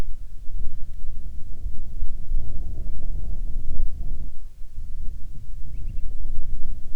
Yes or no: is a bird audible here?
yes